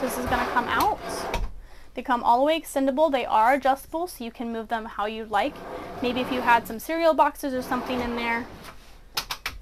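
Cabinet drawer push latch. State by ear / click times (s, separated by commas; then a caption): seated / 9.5 s. Someone talks while a push-to-release, fully extendable pull-out pantry drawer with adjustable shelves is pushed back into its cabinet in a 2023 Newmar New Aire 3547 RV. A couple of short knocks come at about 9.2 and 9.3 seconds, then a sharp click at 9.5 seconds as the pantry latches closed and locks in place.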